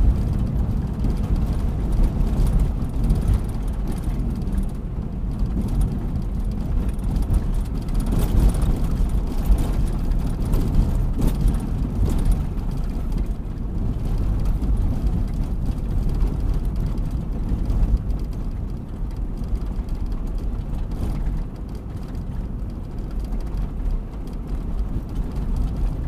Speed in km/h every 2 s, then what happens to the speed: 53, 52, 51, 50, 48, 47, 45, 44, 44, 45, 44, 46, 47.
0-14 slows to 44. 14-26 steady at about 44.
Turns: none.